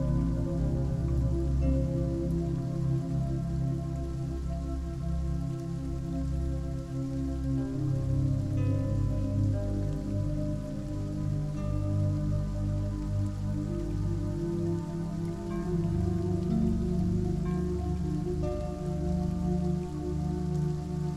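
Soft music plays over steady rain. Warm, sustained low tones and gentle held chords fill the lower range throughout, while a fine, even patter of rain runs continuously above them. The level stays constant across the whole stretch, with no sudden changes.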